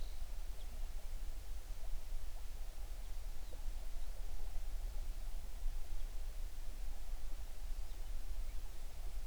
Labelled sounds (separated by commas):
songbird